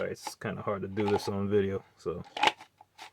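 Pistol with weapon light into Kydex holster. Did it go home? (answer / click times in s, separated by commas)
no / none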